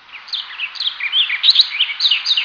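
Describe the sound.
Barred warbler song: a fast, scratchy warble of chattering notes that jump up and down.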